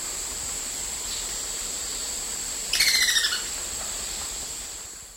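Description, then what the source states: Sepia-capped flycatcher with a single brief rapid chatter of high, sharp notes in the middle, otherwise only a steady high hiss. Recorded in the eastern lowlands of South America.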